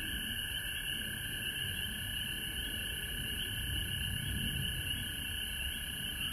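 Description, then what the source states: Chorus of frogs, unbroken layered trills holding steady for the whole stretch, over a soft low background rumble. Recorded at home in Georgia on March 19, 2020.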